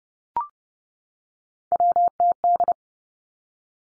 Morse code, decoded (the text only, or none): WTD